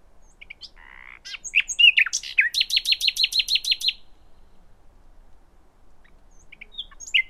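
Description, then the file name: Common nightingale song: scattered varied notes build into a fast run of about ten repeated emphatic pulses, then quieter chirps follow. "Luscinia megarhynchos"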